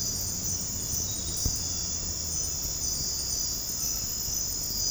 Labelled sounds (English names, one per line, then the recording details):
none
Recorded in dense forest near Puerto Asís, Putumayo, Colombia, on 19 February 2024 at 02:30
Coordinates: 0.486, -76.316
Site G6437